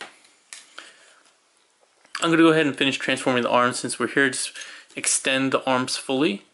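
The plastic arms of a FansProject LER 03 Volar Convention Exclusive Diaclone Edition transforming robot figure are handled and extended fully, with faint handling taps near 0.5 s and 0.8 s while someone talks from about 2.1 s on. Nothing has seated or clicked into its locked position yet.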